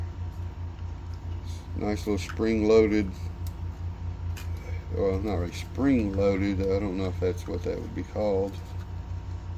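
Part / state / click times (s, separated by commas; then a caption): folding arm into drone body hinge lock / not seated / none. Someone talks while handling the plastic folding arms of an Ameta S20 Pro beginner GPS drone with 4K camera, unfolding an arm toward its hinge lock in the drone body, over a steady low hum. The clip ends before the arm locks into place, so nothing has seated or clicked yet.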